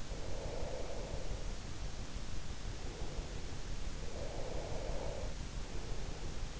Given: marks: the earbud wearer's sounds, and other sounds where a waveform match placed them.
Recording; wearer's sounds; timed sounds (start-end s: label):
sounds in sleep by an in-ear microphone; breath
0.18-3.54 s: breath
4.00-6.48 s: breath